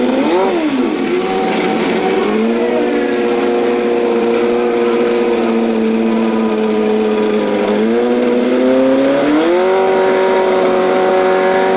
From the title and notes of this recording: Pre-season testing for CART IndyCar Series teams at the one-mile Phoenix International Raceway oval where the glorious 2.65-liter turbocharged V8 engines rage. Cars from the Toyota Atlantic Championship and Indy Lights take turns lapping the daunting bullring.